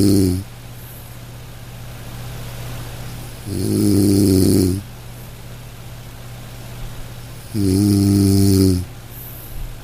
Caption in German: Sanfte Schlummerklänge: Entspannung mit dem Klang des Schnarchens. Lass dich von den sanften und rhythmischen Geräuschen des Schnarchens in einen tiefen und erholsamen Schlaf begleiten. Das monotonale Brummen kann eine beruhigende Wirkung haben.